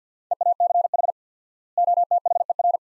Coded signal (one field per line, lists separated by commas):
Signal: Morse code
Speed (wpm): 50 wpm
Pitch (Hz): 700 Hz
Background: none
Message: EACH OTHER